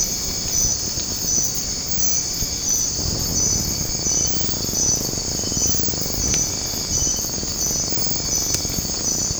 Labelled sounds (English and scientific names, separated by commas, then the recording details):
none
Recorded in secondary vegetation near Puerto Asís, Putumayo, Colombia, on 8 March 2025 at 00:00
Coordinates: 0.481, -76.318
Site G097